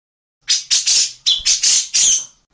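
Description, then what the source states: Grey-cheeked bulbul giving a series of seven harsh, rasping bursts, each short and broad, spaced evenly over about two seconds, with no other clear sounds. Tutor recording of an actively singing bird, full of harsh rasping song (besetan kasar), long duration.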